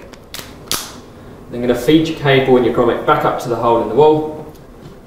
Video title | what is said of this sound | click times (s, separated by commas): How do you install the EZ-Path fire stopping grommet? | push the other half on top and keep pushing until you hear it click then | 0.7 s